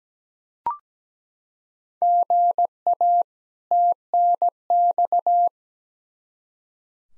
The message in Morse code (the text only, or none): GA TNX